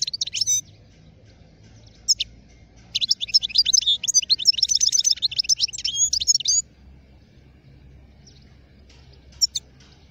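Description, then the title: European goldfinch song: a rapid tinkling run of high twittering notes lasting about four seconds, preceded and followed by brief chirps, over a faint low hum. Wild bird. "اجمل غناءالحسون الخلويchant chardonneret sauvage"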